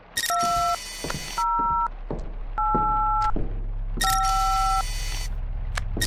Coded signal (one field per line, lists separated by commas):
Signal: DTMF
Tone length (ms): 630 ms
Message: 2085